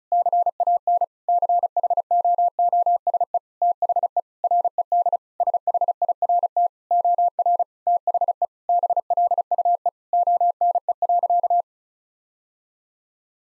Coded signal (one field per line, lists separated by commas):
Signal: Morse code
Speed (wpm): 34 wpm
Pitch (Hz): 700 Hz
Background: none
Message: CAN CHOOSE THE RED SHIRT OR THE BLUE ONE.